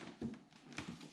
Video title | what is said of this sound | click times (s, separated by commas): How to Install Z06 Upper Vents From ACS Composite on a C7 Corvette | like so make sure this snaps in place like that | 0.8 s